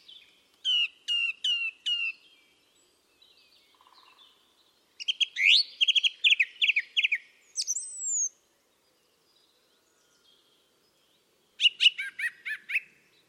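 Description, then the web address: Bird calls: three sharp descending notes in a row, then a buzzy rapid series ending in a high whistle, and later another quick burst of chirps. "cianscape birddata Deverinetal 2025. Bird Only"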